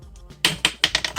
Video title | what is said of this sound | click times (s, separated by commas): Is it Worth it? - #OHUHU Markers Review - PRODUCT REVIEW for Artists (MARKER GIVEAWAY) | It's kind of sad that it doesn't, it doesn't snap onto the back, but | none